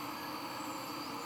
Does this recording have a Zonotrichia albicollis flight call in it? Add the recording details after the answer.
no. No flight call is heard. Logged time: 04:02 on 21 September 2014